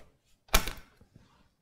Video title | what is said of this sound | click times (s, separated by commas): PART4 - PC BUILD - Phanteks Enthoo, Z390, i7-9700K, 970 EVO, Seasonic, Corsair Vengeance, GTX 1070Ti | then you see how I've got my hand I'm gonna push straight in and you should hear it click perfect | 0.6 s